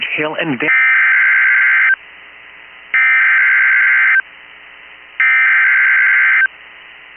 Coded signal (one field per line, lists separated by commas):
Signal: Emergency Alert System (SAME) tones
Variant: header bursts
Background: speech